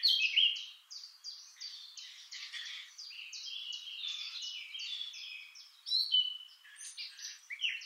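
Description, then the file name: Eurasian blackcap in full song, a continuous rapid warble of scratchy and clear notes, with a few louder bright accents throughout. "Sylvia atricapilla"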